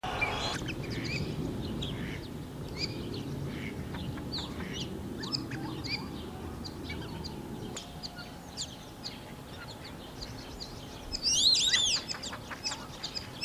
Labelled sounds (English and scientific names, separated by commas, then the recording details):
White-faced Whistling Duck (Dendrocygna viduata) call
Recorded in captivity
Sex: group
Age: adult
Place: Tierpark Berlin, Berlin, DE
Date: 1981-04-18
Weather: sunny, 1-6°C
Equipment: Nagra SN, Kopie Uher 4200
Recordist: Tembrock, Günter
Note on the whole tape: Gruppe, jagend und rufend. Abstand: 5-8 m